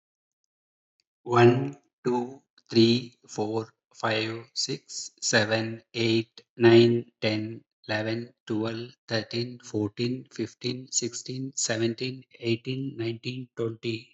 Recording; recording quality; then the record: counting at a normal pace; excellent, no background noise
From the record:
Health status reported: healthy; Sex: male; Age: 53 years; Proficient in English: yes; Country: India